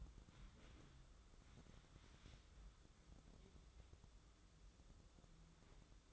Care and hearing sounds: daily activity, microphone in the room; wipe stove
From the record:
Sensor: 3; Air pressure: 996.0 hPa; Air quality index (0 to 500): 92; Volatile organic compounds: 11 ppm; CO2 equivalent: 2287 ppm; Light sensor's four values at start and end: 25/79/33/28 and 25/79/33/28

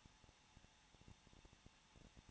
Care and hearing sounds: daily activity, microphone in the room; no activity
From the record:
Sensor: 1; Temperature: 20.0 degrees Celsius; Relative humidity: 39.5%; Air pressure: 1006.4 hPa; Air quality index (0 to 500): 219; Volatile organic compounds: 83 ppm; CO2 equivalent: 3629 ppm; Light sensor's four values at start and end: 1/2/1/1 and 1/2/1/1

